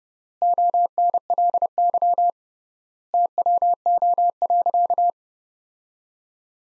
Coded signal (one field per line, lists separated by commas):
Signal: Morse code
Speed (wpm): 30 wpm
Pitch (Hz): 700 Hz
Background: none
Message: ONLY TWO.